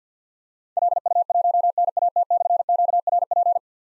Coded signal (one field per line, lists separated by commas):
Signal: Morse code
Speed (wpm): 53 wpm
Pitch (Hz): 700 Hz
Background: none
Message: LU1NAT/QRP